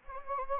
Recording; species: mosquito wingbeat signal from an infrared sensor; Anopheles gambiae